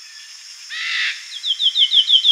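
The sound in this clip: Slaty flycatcher song: a harsh rasping burst, then a rapid run of short, high whistled notes that slide downward, over a steady high insect-like hum.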